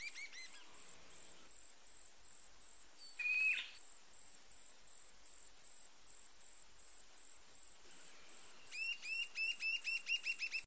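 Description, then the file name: Narrow-billed woodcreeper giving a quick burst of repeated falling whistled notes near the end, after a brief chirp earlier, against constant high-pitched insect buzzing. "Canto do arapacu de cerrado"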